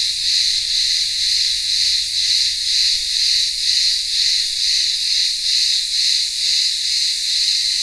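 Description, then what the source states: High buzzing cicada song, constant and dense, throbbing in regular pulses a little faster than twice per second. Cicadas in a village town square on the remote island of Ikaria, Greece, singing in the midday heat.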